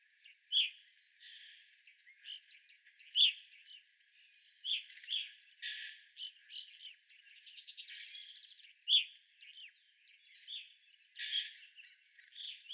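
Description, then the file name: Evening grosbeak calls, scattered sharp chirps among other chatter, with a buzzy rattling trill midway. Evening grosbeaks recorded on 25 April 2021. "2021-04-25 Evening Grosbeaks"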